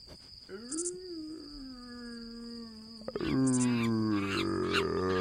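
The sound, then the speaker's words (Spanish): A voice imitates a wolf howl with a long, sustained note that rises then holds steady, followed by louder overlapping howling voices, over a constant thin high-pitched cricket-like whine. “Hacemos el lobo.”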